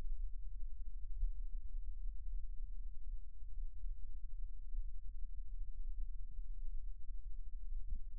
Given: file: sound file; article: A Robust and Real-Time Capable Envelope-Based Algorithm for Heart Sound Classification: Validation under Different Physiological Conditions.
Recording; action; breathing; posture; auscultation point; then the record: heart sounds by electronic stethoscope; rest; normal; sitting; centre of the back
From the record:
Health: healthy, no known heart disease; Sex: male